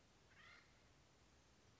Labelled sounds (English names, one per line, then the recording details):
Acorn Woodpecker
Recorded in Sonoma County, California